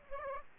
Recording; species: mosquito wingbeat signal from an infrared sensor; Aedes aegypti